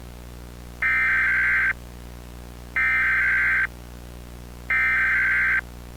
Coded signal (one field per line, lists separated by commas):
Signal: Emergency Alert System (SAME) tones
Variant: header bursts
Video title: (1.38K SPECIAL) EAS Scenario: WW3 (collaboration with @WindowsEASproductions )